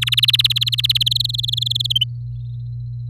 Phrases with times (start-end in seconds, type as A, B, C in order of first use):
0.01-1.03 A, 1.06-1.92 B, 1.95-2.04 C